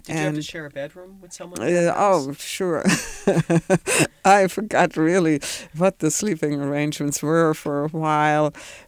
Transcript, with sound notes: Did you have to share a bedroom with some of the kids?
Oh, sure. (she laughs) I forgot really what the sleeping arrangements were for a while.